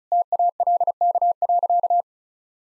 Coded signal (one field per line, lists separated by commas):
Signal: Morse code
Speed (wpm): 36 wpm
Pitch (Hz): 700 Hz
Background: none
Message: TALK.